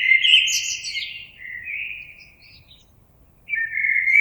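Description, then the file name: Common blackbird song: a fluty, warbling phrase with high twittering overtones, a quiet gap, then a new phrase beginning. Recorded on 26 April 2022. "Merle 2022 04 26"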